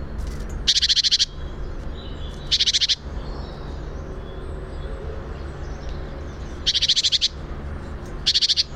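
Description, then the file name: Great tit giving harsh, rapid rattling churrs in four bursts, two early and two late, with a low steady rumble underneath throughout. "Parus major"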